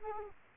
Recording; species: mosquito wingbeat signal from an infrared sensor; Culex quinquefasciatus